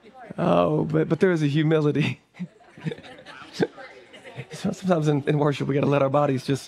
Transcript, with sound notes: Oh, but but there is a humility. [laughter] So sometimes in in worship, we got to let our bodies just